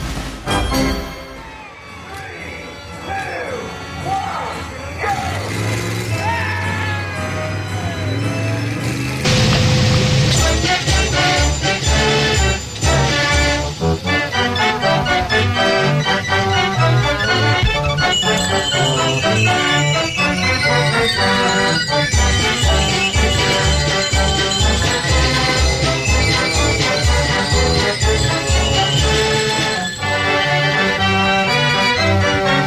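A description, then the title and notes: Fairground sounds: for the first nine seconds, voices and softer background music drift through a busy space. Then loud, dense ride music kicks in with a steady, pounding beat and bright tones that carry on to the end. Fairground Sounds.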